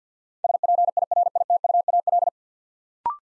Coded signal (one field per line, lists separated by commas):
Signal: Morse code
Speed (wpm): 50 wpm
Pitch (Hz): 700 Hz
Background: none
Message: SPIRITUAL